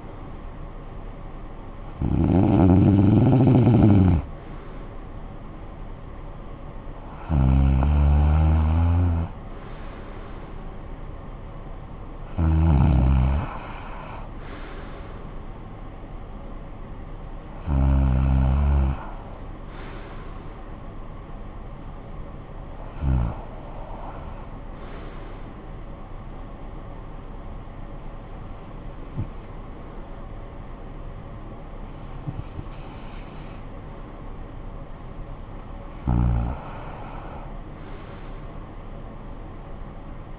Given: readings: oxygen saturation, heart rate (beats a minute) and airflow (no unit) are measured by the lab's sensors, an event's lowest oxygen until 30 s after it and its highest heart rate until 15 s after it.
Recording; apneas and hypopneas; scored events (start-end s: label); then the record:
breathing in sleep by a smartphone at the bedside; none
none scored
From the record:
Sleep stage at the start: REM sleep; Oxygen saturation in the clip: 94 to 96%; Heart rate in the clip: 57 to 72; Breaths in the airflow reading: 8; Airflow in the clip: -16.0 to 11.0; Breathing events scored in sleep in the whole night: 445 in 7.6 hours asleep